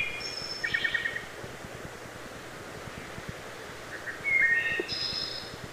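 Wood thrush song: a quick run of low fluty notes, a pause, then a sharp whistled slur followed by a high, thin trill, over soft background hiss.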